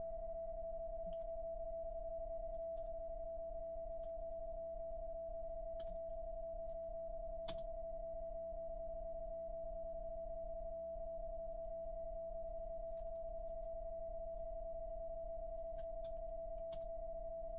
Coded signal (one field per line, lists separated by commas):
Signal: PSK31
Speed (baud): 31.25 baud